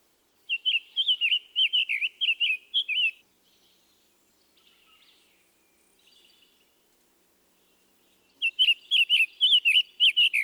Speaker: Here once more are the song and call notes of the summer tanager.